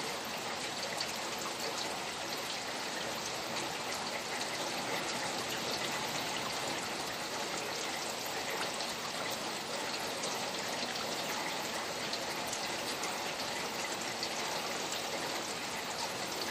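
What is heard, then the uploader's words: Steady rain falls without a break, a dense, even hiss spread from the low end up into a bright top. The level holds flat for the whole stretch, with fine drop patter woven through it and no other sounds standing out. Relaxing rain.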